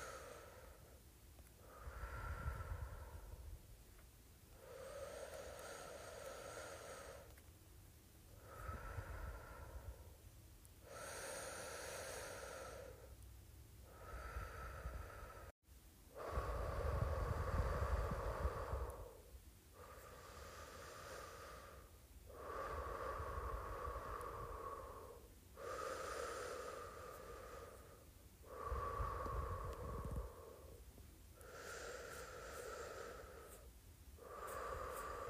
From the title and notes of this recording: ASMR Blowing In and Out.